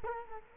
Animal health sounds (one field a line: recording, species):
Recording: mosquito wingbeat signal from an infrared sensor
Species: Culex quinquefasciatus